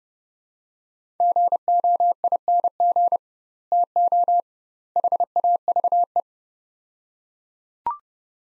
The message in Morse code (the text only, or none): GOING TO HAVE